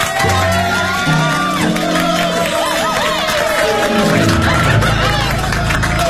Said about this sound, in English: And let's have a round of applause for our pianist this evening,